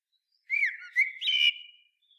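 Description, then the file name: Common blackbird song phrase of fluting whistled notes, sliding up and down, then a brief high squeaky flourish and a faint trailing note. "Turdus merula"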